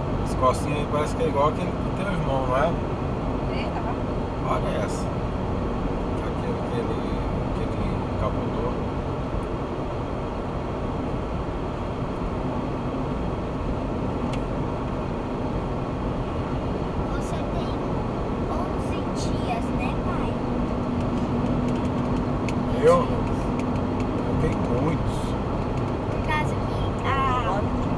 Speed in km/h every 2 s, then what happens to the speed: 95, 88, 89, 90, 87, 86, 86, 86, 88, 90, 93, 95, 96, 94.
0-14 steady at about 87. 14-28 speeds up to 94.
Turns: none.